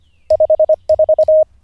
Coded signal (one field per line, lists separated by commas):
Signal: Morse code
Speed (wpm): 25 wpm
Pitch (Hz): 620 Hz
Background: none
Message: 54